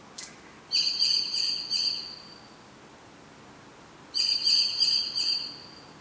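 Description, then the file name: Common blackbird giving two thin, high pulsed calls with stacked overtones, each lasting about one and a half seconds, separated by a quiet gap. "Turdus merula"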